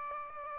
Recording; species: mosquito wingbeat signal from an infrared sensor; Aedes aegypti